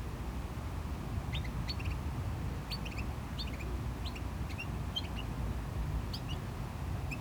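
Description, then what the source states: Small bird uttering repeated high chip notes in loose pairs and triplets, with steady low noise of waves and traffic throughout. Small bird in a bush by the GC-200 road, Agaete, Las Palmas, Spain; distant cars and waves audible; recorded with DPA-2006c AB pair into a MixPre-3.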